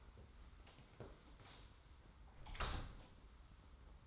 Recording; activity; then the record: daily activity, microphone in the room; close door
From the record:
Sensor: 3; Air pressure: 991.6 hPa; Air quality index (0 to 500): 149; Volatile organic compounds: 509 ppm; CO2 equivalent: 4830 ppm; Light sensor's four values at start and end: 44/123/50/43 and 44/123/50/44